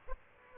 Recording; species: mosquito wingbeat signal from an infrared sensor; Aedes aegypti